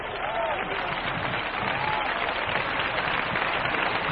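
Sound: audience applause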